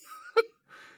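A single abrupt, explosive cough at a signing ceremony for the infrastructure bill, with a hoarse, slightly honking tone. Faint room noise surrounds it. It is an isolated adult cough, harsh in quality, a bad cough rather than a mild one, attributed by the White House to allergies.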